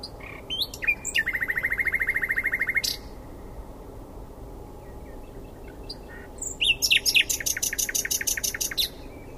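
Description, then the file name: Common nightingale song: a long fast rattling trill of repeated notes, a pause, then another rapid rattle of higher notes, with low background noise. "Luscinia megarhynchos"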